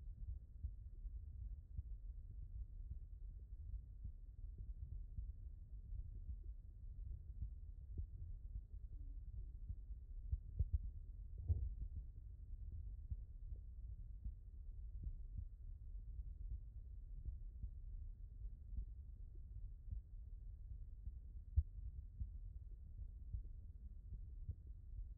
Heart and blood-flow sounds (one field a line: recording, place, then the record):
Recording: heart sounds by stethoscope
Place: aortic valve (AV)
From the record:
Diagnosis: non-HFrEF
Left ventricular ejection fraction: 66%